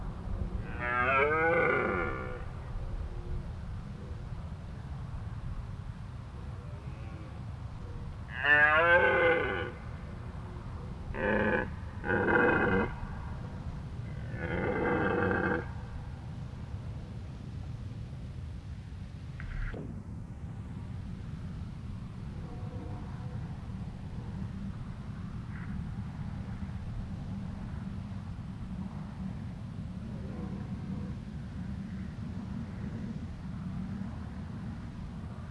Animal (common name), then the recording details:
Red Deer. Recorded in the wild. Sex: male. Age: adult. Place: Schloß Holte-Stukenbrock, Senne, Nordrhein-Westfalen, DE. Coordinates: 51.85, 8.73333. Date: 1966. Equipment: Uher 4000 Report-S, Bändchenmikro Beyer M 260, Parabolspiegel Polyester (470 mm). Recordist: Conrads, Klaus. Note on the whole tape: Truppenübungsplatz Senne. Männchen: Laute. Keine genaue Datumsangabe: September 1966